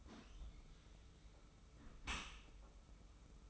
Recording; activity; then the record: daily activity, microphone in the room; close dishwasher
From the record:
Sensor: 1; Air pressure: 991.3 hPa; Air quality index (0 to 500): 123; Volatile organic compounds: 253 ppm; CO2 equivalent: 4369 ppm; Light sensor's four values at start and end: 41/126/50/52 and 41/126/50/52